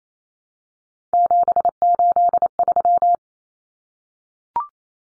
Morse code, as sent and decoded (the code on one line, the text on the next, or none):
--... ---.. ...--
783